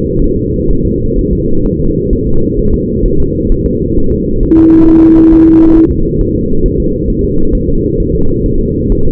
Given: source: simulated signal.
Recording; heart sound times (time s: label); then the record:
fetal heart sounds
0.22 s: S1
0.36 s: S2
0.70 s: S1
0.85 s: S2
1.19 s: S1
1.33 s: S2
1.66 s: S1
1.80 s: S2
2.13 s: S1
2.27 s: S2
2.59 s: S1
2.74 s: S2
3.06 s: S1
3.20 s: S2
3.52 s: S1
3.66 s: S2
3.98 s: S1
4.12 s: S2
4.43 s: S1
4.57 s: S2
4.88 s: S1
5.02 s: S2
5.33 s: S1
5.47 s: S2
5.77 s: S1
5.91 s: S2
6.21 s: S1
6.36 s: S2
6.66 s: S1
6.80 s: S2
7.10 s: S1
7.24 s: S2
7.55 s: S1
7.69 s: S2
8.00 s: S1
8.15 s: S2
8.46 s: S1
8.60 s: S2
8.92 s: S1
9.07 s: S2
From the record:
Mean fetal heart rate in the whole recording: 130 bpm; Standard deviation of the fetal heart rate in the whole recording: 4 bpm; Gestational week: 38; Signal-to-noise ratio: -17.7 dB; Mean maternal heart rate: 72 bpm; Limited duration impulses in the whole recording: present